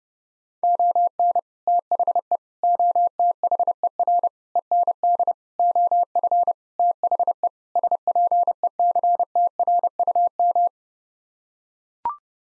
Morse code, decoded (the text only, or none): ON THE OTHER END OF THE SPECTRUM